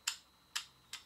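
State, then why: Seated. The extension arm of an AMMCO metric drum micrometer is loosened and slid outward, clicking into three successive detent stops worth two millimeters each. Three sharp, bright clicks are heard at 0.1 s, 0.6 s and 0.9 s, with the last one softer, over a faint steady tone. The arm seats at the third detent, six millimeters farther out, at 306 millimeters.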